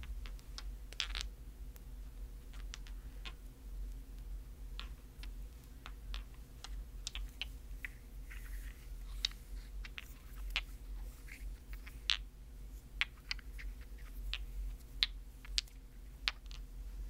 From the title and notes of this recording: ASMR Festive Trigger Assortment For Sleep (tapping, scratching, liquid sounds).